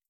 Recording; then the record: hydrophone in a shrimp aquaculture tank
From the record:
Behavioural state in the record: feeding